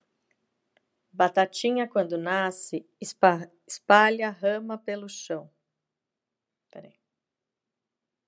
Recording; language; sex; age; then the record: short text; Brazilian Portuguese; female; 50 to 59 years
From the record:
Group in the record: control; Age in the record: 51 years